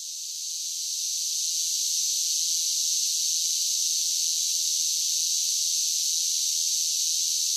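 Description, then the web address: Cicada chorus, a shrill continuous buzz that rises in loudness over the first second and a half, then stays steady and dense. Large groups of cicadas singing. "Blast Wave 5 1 5 1 SSFX Cicadas Sing"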